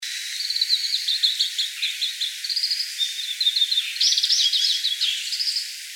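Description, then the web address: Grey-capped greenfinch twittering: chattering notes and short trills, a brief steady whistle near the middle, then a louder burst of rapid notes and a final buzzy phrase. Recorded 19 February 2015. "birdenaga kawarahiwa S 150219"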